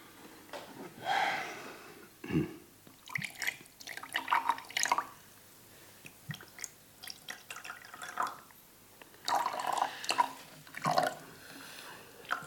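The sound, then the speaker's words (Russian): A drink is poured into a glass at a memorial gathering in several short gurgling, splashing bursts with brief pauses between them, fairly quiet overall and with no one speaking. “Наливай, Микола.”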